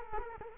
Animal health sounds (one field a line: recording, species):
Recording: mosquito wingbeat signal from an infrared sensor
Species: Culex quinquefasciatus